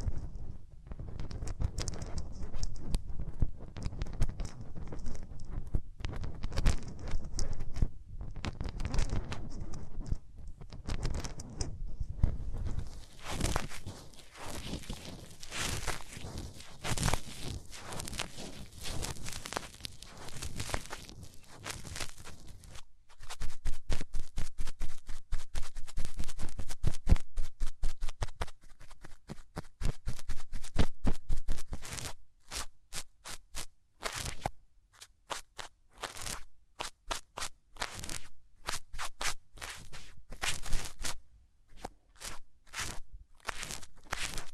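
Hands rub over the ears, a low muffled rumble giving way to dense crackling friction and rapid bursts of scratchy strokes after thirteen seconds.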